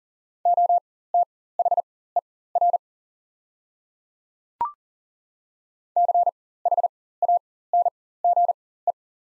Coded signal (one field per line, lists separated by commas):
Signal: Morse code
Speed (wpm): 40 wpm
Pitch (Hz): 700 Hz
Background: none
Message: OTHER CHANGE